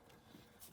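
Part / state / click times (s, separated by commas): engine wiring harness connector into its mating plug / not seated / none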